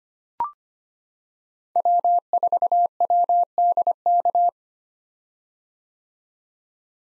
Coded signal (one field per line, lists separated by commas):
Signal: Morse code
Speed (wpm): 25 wpm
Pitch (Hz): 700 Hz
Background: none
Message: W4WDK